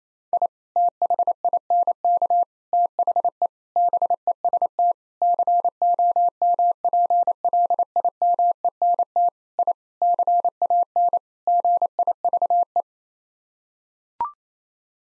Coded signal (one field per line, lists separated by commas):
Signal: Morse code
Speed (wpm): 28 wpm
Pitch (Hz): 700 Hz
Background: none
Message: I THINK THE BEST COMPLIMENT I CAN GIVE